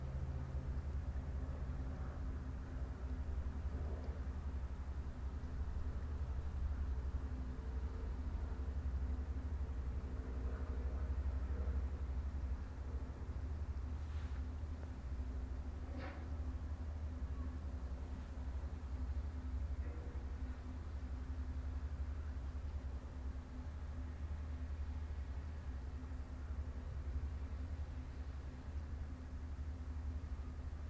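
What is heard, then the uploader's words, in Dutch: A steady low rumble of engines and traffic fills the scene along a waterfront street, with a constant deep hum underneath. Around 14 to 16 seconds a few brief clicks and knocks cut through, and faint mechanical sounds drift in the background. Kratonkade Rotterdam, June.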